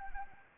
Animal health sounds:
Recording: mosquito wingbeat signal from an infrared sensor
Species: Anopheles arabiensis

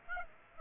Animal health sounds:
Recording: mosquito wingbeat signal from an infrared sensor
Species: Aedes aegypti

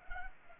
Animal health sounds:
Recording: mosquito wingbeat signal from an infrared sensor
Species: Culex pipiens

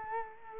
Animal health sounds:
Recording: mosquito wingbeat signal from an infrared sensor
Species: Culex quinquefasciatus

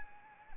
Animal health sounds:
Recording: mosquito wingbeat signal from an infrared sensor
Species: Anopheles arabiensis

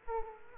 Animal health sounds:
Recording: mosquito wingbeat signal from an infrared sensor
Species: Aedes aegypti

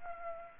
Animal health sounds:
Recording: mosquito wingbeat signal from an infrared sensor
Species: Aedes aegypti

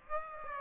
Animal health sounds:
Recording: mosquito wingbeat signal from an infrared sensor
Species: Aedes aegypti

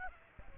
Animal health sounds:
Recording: mosquito wingbeat signal from an infrared sensor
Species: Aedes aegypti

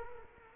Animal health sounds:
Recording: mosquito wingbeat signal from an infrared sensor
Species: Culex quinquefasciatus

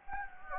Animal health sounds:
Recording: mosquito wingbeat signal from an infrared sensor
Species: Anopheles gambiae

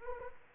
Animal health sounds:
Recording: mosquito wingbeat signal from an infrared sensor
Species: Anopheles arabiensis

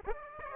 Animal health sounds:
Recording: mosquito wingbeat signal from an infrared sensor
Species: Aedes aegypti

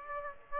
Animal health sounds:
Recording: mosquito wingbeat signal from an infrared sensor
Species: Aedes aegypti

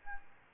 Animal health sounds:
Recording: mosquito wingbeat signal from an infrared sensor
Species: Aedes albopictus

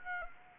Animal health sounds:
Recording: mosquito wingbeat signal from an infrared sensor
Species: Aedes aegypti

